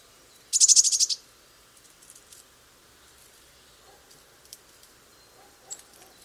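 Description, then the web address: Eurasian blue tit delivering a single loud, dense high trill lasting half a second, then near silence with faint chirps. "cianscape. Deverinetal"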